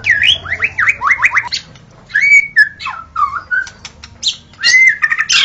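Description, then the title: White-rumped shama singing quick rising whistled notes in a rapid series, then slower slurred whistles and a final burst of mixed notes. Wild forest bird; original natural song. "Kicau Asli Murai Batu Hutan"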